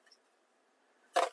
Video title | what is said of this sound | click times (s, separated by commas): #Unboxing #EWingFighter #StarWars #VintageCollection #Ahsoka #UnboxingToys #ToyReview #Hasbro #4K | pop there we go | 1.2 s